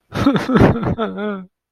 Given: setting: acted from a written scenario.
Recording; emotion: vocal sound without words; sadness